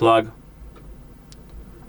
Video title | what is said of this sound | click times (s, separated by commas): XIAOMI Mijia Smart Audio Glasses – How to Assemble | we didn't get a click, I have no idea why, but | none